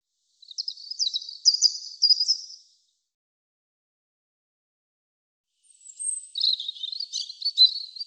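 European robin song, a sweet high warbling phrase, a pause of a few seconds, then another tinkling, wavering phrase with thin high notes.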